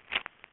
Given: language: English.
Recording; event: throat vibration sensor signal played as sound; swallow